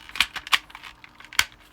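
During transformation of a Transformers x GI Joe Triple T plastic toy robot, one plastic section is pushed into its mating section amid small plastic taps and rattles. Sharp clicks ring out at 0.2 s and 1.4 s as the two sections connect and seat together.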